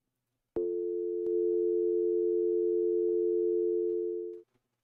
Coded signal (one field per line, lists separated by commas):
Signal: telephone call progress tone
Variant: North America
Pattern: dial tone